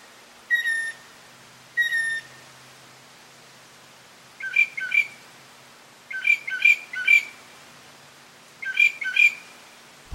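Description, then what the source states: Mockingbird song: two clear whistled notes followed by bursts of varied chirping phrases repeated several times, each phrase given two or three times. Male.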